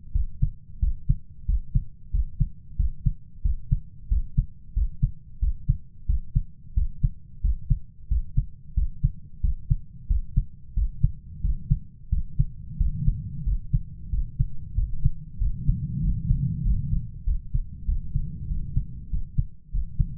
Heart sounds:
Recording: heart sounds by stethoscope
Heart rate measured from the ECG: 92 bpm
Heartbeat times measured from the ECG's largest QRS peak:
0.15 s: heartbeat
0.82 s: heartbeat
1.49 s: heartbeat
2.14 s: heartbeat
2.79 s: heartbeat
3.45 s: heartbeat
4.11 s: heartbeat
4.76 s: heartbeat
5.42 s: heartbeat
6.09 s: heartbeat
6.77 s: heartbeat
7.44 s: heartbeat
8.11 s: heartbeat
8.77 s: heartbeat
9.44 s: heartbeat
10.10 s: heartbeat
10.77 s: heartbeat
11.44 s: heartbeat
12.12 s: heartbeat
12.80 s: heartbeat
13.47 s: heartbeat
14.13 s: heartbeat
14.78 s: heartbeat
15.41 s: heartbeat
16.03 s: heartbeat
16.65 s: heartbeat
17.27 s: heartbeat
17.88 s: heartbeat
18.50 s: heartbeat
19.13 s: heartbeat
19.74 s: heartbeat
From the record:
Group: healthy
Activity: rest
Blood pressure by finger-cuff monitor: 133/71 mmHg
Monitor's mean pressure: 90 mmHg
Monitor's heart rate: 91 bpm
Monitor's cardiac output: 7.8 L/min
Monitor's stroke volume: 86 mL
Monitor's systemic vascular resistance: 830 dyn s/cm5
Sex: male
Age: 21 years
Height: 175 cm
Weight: 72.6 kg

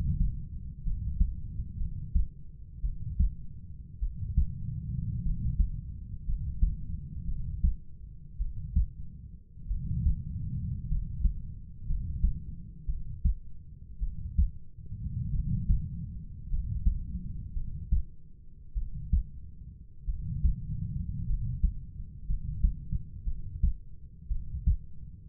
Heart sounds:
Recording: heart sounds by stethoscope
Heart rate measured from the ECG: 54 bpm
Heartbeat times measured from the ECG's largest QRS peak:
0.84 s: heartbeat
1.78 s: heartbeat
2.82 s: heartbeat
4.00 s: heartbeat
5.23 s: heartbeat
6.26 s: heartbeat
7.26 s: heartbeat
8.38 s: heartbeat
9.68 s: heartbeat
10.88 s: heartbeat
11.87 s: heartbeat
12.86 s: heartbeat
14.00 s: heartbeat
15.32 s: heartbeat
16.50 s: heartbeat
17.54 s: heartbeat
18.74 s: heartbeat
20.06 s: heartbeat
21.27 s: heartbeat
22.27 s: heartbeat
23.25 s: heartbeat
24.28 s: heartbeat
From the record:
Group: healthy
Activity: rest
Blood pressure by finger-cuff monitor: 104/50 mmHg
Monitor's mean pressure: 63 mmHg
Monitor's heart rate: 53 bpm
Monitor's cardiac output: 5.1 L/min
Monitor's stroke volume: 95 mL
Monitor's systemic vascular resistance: 880 dyn s/cm5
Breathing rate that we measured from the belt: 11 breaths a minute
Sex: male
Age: 25 years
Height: 170 cm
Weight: 70.4 kg

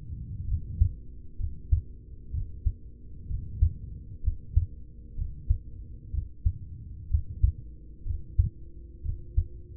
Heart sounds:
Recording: heart sounds by stethoscope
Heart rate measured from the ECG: 63 bpm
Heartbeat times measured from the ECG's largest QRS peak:
0.44 s: heartbeat
1.35 s: heartbeat
2.30 s: heartbeat
3.26 s: heartbeat
4.20 s: heartbeat
5.14 s: heartbeat
6.10 s: heartbeat
7.07 s: heartbeat
8.02 s: heartbeat
9.01 s: heartbeat
From the record:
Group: heart failure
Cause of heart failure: ischemic heart disease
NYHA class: 1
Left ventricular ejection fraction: 33%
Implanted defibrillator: present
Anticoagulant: apixaban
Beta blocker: carvedilol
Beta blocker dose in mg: 18.75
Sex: male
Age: 39 years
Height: 168 cm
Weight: 72 kg

